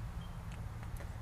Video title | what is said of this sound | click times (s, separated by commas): How to Clean a Shimano Reel | the spool will go in first like this it'll snap right in | 0.8 s